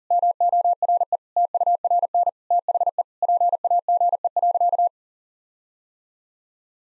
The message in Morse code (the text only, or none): MORE TURN THE PAGE.